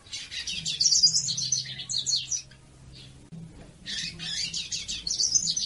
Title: Canto de Papa Capim. CANTO DE FÊMEA PARA ESQUENTAR PAPA CAPIM